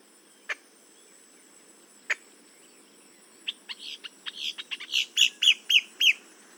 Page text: Paul Marvin - Лодкохвостый гракл (Quiscalus major)